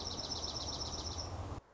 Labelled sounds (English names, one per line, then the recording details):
Dark-eyed Junco
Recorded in Sonoma County, California